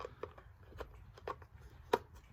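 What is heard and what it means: A filter cartridge is twisted off a half-face respirator mask to show how easily it changes. Several small handling clicks and taps lead up to a sharp, loud click at 1.9 s as the filter comes free and is released.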